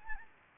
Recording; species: mosquito wingbeat signal from an infrared sensor; Anopheles gambiae